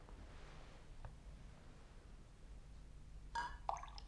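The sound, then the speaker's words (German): A brief splash of water poured into a glass, with a ringing, glassy clink near the end, after several seconds of quiet background hiss and a single soft tap. “Nur einen Schluck Wasser.”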